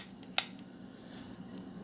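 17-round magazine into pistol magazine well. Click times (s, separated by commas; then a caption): 0.4 s. With the slide of a Smith & Wesson pistol pulled back, a 17-round magazine is pushed into the magazine well. A single sharp, bright click at 0.4 s stands out above a steady low hum, with faint softer ticks just before and after it. The magazine seats and locks in place.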